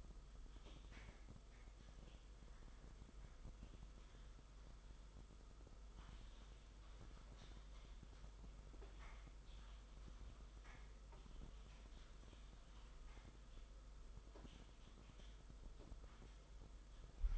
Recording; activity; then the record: daily activity, microphone in the room; typing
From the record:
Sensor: 5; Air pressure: 991.1 hPa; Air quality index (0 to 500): 131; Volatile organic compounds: 70 ppm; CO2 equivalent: 3520 ppm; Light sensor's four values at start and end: 38/119/45/48 and 38/119/45/48